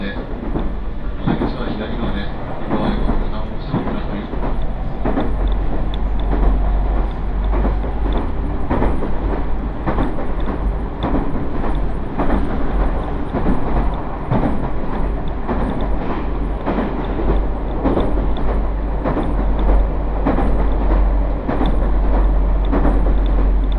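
An Iida Line train runs from Mikawa-Makihara toward Shinshiro, its deep, steady rumble filling the whole stretch at an even loudness. Dense rattling and frequent knocks from the wheels pass through it, with a faint high whine above.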